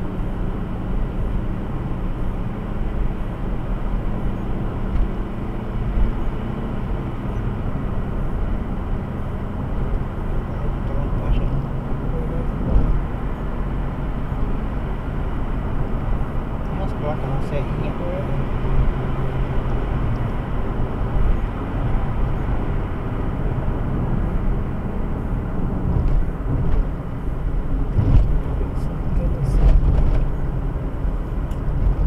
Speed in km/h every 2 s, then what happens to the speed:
65, 67, 70, 69, 71, 74, 77, 78, 80, 80, 77, 67, 57, 56, 57, 57.
0-18 speeds up to 80. 18-24 brakes to 57. 24-32 steady at about 57.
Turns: none.